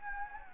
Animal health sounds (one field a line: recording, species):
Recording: mosquito wingbeat signal from an infrared sensor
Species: Anopheles gambiae